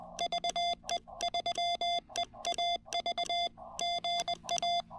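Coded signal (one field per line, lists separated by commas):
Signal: Morse code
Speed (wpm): 20 wpm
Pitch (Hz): 690 Hz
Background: none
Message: VE3EAV GA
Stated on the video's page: Morse from a POTA park activation with a Ten-Tec R4020 transceiver.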